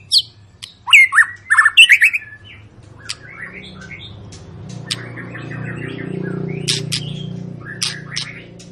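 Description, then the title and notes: White-rumped shama song: bursts of loud whistled and harsh notes, then a softer stretch of rapid buzzy trills over a steady low hum. Long lure song of a vigorously singing (gacor) shama, used to stimulate other birds to sing. "Pancingan Murai Batu Gacor Panjang. muraiku"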